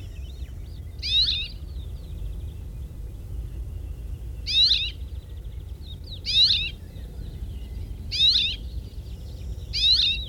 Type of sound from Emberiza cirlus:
call